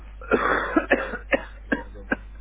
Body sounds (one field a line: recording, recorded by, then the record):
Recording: voluntary cough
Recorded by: telephone call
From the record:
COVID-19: positive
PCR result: checked with the laboratory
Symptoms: no